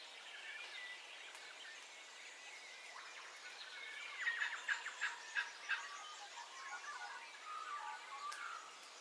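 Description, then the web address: Bird calls, fairly soft: layered whistling and chatter, with a short run of sharper repeated notes in the middle. Dawn ambience with bird calls, stereo. "Sound Effects-Foundation Updates AMBIENCE DAWN BIRDCALLS STEREO"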